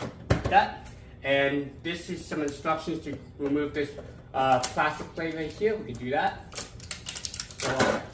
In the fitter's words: Looks like it just snaps right in here.